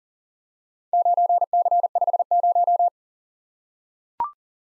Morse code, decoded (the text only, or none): 9C50